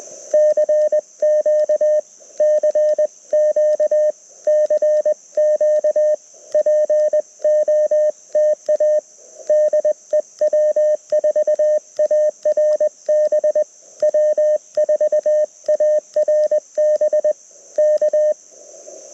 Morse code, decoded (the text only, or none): CQ CQ CQ POTA DE W4ARB W4ARB K